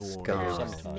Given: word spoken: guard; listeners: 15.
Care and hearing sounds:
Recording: one English word in noise, from a listening test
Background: four-talker babble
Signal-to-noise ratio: 0.0 dB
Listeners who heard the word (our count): 0 of 15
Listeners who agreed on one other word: 8 of 15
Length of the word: 0.59 s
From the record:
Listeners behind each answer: 8, 4, 1, 1, 1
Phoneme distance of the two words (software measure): 24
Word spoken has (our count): 1 syllable, 3 phonemes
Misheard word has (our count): 1 syllable, 3 phonemes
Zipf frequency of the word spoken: 4.33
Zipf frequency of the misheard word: 3.60

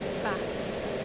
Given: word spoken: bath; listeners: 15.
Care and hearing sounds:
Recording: one English word in noise, from a listening test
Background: speech-shaped noise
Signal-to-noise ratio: -6.6 dB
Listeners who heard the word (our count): 4 of 15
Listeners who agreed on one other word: 7 of 15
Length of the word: 0.64 s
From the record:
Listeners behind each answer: 7, 4, 3, 1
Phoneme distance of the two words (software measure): 20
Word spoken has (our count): 1 syllable, 3 phonemes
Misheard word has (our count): 1 syllable, 3 phonemes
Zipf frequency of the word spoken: 4.65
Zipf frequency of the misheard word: 6.25

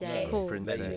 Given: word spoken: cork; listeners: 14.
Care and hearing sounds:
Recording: one English word in noise, from a listening test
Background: four-talker babble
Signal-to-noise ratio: -0.5 dB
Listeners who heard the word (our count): 0 of 14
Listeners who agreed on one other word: 6 of 14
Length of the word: 0.57 s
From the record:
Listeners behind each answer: 6, 6, 1, 1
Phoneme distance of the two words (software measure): 10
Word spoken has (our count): 1 syllable, 3 phonemes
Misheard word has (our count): 1 syllable, 3 phonemes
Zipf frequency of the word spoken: 3.74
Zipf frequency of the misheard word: 4.96

